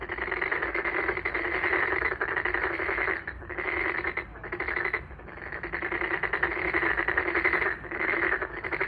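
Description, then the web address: Frog chorus of fast, rattling pulsed croaks running almost continuously, with a few short dips in loudness between overlapping bursts. "White Noise frog"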